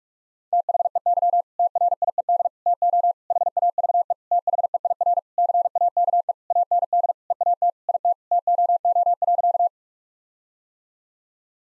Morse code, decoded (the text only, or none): THEY TRIED TO HAVE THEIR CAKE AND EAT IT TOO.